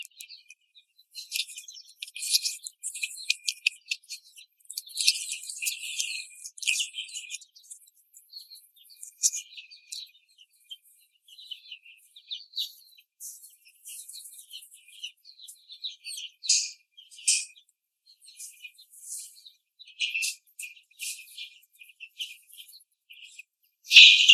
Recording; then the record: young laying hens in a cage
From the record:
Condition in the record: after the stressor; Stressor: simulated dog barking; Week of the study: 3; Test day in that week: 1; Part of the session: 1